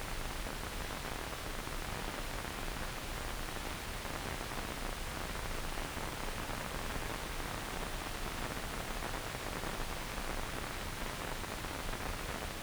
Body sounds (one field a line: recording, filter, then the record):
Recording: brain microelectrode recording played as sound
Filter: wide band, above 20 Hz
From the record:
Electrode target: subthalamic nucleus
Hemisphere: left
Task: reaching with the right hand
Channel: 1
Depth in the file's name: 0.251 mm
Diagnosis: Parkinson's disease